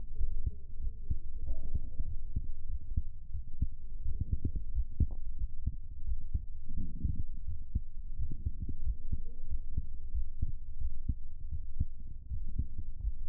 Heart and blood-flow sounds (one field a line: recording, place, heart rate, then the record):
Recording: heart sounds by stethoscope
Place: pulmonary valve (PV)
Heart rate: 81 bpm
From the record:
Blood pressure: 125/90 mmHg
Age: 33 years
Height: 162 cm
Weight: 52 kg